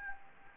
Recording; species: mosquito wingbeat signal from an infrared sensor; Anopheles gambiae